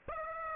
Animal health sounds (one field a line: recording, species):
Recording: mosquito wingbeat signal from an infrared sensor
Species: Aedes aegypti